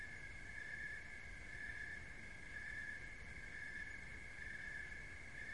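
Crickets chirping, a steady ringing trill with brighter pulses roughly once a second, over a low rumbling background noise.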